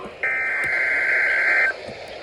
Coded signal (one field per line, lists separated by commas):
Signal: Emergency Alert System (SAME) tones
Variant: header bursts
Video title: EAS Alerts From July 9, 2025!